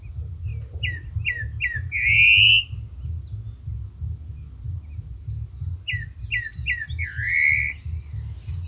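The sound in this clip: Saltator song: a few short, down-slurred whistled notes followed by a longer, loud buzzy note, phrase given twice, with a steady low rumble underneath.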